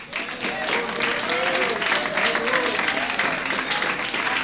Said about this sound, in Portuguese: Vamos receber a serva do Senhor que vai cantar. Pega aqui esse microfone aqui. Palmas para Jesus.